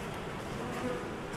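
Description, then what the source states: Honey bees buzzing in a steady, dense hum without clear breaks throughout the short stretch. Bees pouring out of a moved hive at a new farm at dusk, freezing at zero degrees; scouts sent out; many have died; 2012.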